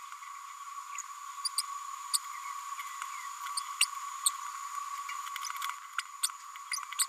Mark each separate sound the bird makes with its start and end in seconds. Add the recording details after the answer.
1.45-1.48, 1.57-1.61, 2.13-2.17, 3.57-3.60, 3.80-3.85, 6.23-6.29, 6.99-7.05. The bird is a female. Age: 32 days. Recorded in a nest box in Venezuela. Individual 17B102A5